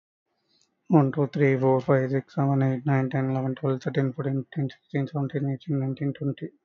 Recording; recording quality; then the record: counting at a fast pace; excellent, no background noise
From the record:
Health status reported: healthy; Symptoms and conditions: cough, asthma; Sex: male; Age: 44 years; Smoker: not ticked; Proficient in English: yes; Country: India